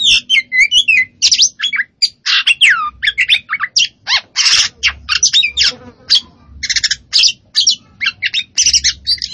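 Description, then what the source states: Oriental magpie-robin song, a nonstop stream of high whistles, warbled twists and short buzzy rattles delivered quickly. Kacer poci variety, singing vigorously and continuously (gacor).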